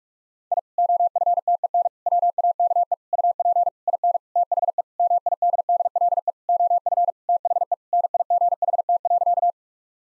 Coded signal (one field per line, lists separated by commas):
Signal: Morse code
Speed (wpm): 46 wpm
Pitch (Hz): 700 Hz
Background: none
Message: I OFTEN WAKE UP IN THE MIDDLE OF THE NIGHT.